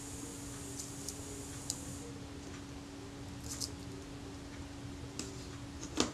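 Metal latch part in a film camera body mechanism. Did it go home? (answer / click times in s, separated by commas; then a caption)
no / none. A small metal latch part inside a Retina Reflex film camera body is pushed into place, making a series of faint, sharp metallic ticks over a steady low hum. The latch does not catch, and nothing has seated or clicked yet.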